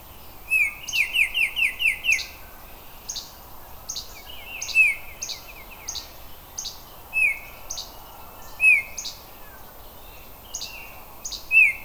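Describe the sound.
Oriole call, opening with a quick burst of several harsh repeated notes, then scattered single slurred notes among high chips.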